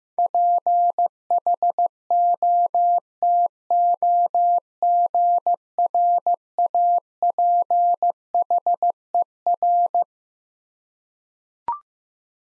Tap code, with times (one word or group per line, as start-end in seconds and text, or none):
none